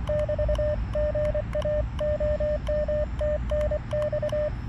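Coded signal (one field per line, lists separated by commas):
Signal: Morse code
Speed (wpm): 24 wpm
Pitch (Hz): 590 Hz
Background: radio noise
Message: <BT> GA OM TNX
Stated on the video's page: QRP portable operation in a riverside park, testing a multipurpose antenna bracket.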